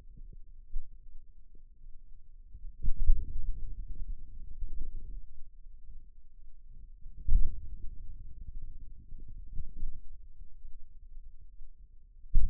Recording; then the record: forearm muscle sounds (acoustic myography)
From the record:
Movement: outward rotation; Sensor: system 2, bracelet of six BSWA MPA416 microphones around the upper forearm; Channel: 2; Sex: male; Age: 22 years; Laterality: right